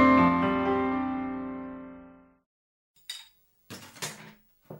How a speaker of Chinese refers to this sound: 吃完饭，阿东去收拾碗筷